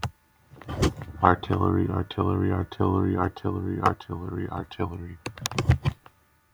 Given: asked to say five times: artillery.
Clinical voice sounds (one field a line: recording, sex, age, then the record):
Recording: repeated word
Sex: male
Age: 20 to 29 years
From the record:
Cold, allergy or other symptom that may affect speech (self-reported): no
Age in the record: 26 years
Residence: United States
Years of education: 16